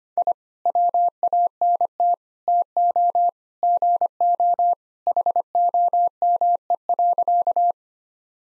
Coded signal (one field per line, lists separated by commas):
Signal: Morse code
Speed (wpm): 25 wpm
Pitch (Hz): 700 Hz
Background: none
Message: I WANT TO GO HOME.